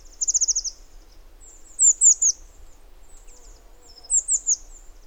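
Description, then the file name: Eurasian blue tit calls: a rapid trill of high, thin notes, then a few sharp, slurred high notes in small groups. "Cyanistes caeruleus"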